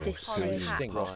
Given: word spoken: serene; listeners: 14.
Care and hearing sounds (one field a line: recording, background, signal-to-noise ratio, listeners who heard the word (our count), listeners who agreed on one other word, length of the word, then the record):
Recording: one English word in noise, from a listening test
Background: four-talker babble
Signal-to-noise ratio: -1.8 dB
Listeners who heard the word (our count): 1 of 14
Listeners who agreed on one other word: 6 of 14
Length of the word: 0.76 s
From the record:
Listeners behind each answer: 6, 1, 1, 1, 1, 1, 1, 1, 1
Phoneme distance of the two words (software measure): 51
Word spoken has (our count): 2 syllables, 5 phonemes, stress on syllable 2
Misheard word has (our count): 2 syllables, 8 phonemes, stress on syllable 2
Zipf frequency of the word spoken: 3.18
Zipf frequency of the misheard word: 3.75